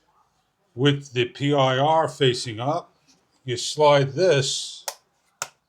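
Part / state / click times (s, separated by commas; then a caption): mounting bracket onto solar light housing / seated / 5.4 s. Someone talks while a plastic mounting bracket is slid onto the back of a 3000LM, 321-LED motion-sensor outdoor solar light housing, with the PIR sensor facing up. The bracket locks into place with a sharp click at 5.4 s.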